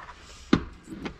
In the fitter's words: and you hear it click and that means it's released